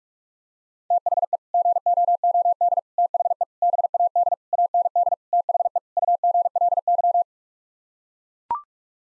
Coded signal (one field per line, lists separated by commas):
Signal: Morse code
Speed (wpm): 41 wpm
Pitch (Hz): 700 Hz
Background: none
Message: THE GOOD THE BAD AND THE UGLY